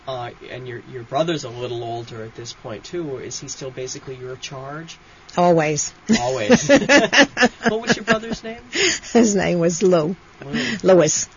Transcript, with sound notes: And your brother's a little older at this point, too. Is he still basically your charge?
Always. (She laughs)
Always. What was your brother's name?
His name was Lou, Louis.